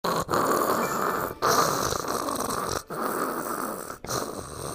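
Four rough, rattling noisy bursts, each about a second long, come in quick succession with brief gaps between them. This is snoring, the vibration of the relaxed upper airway during sleep.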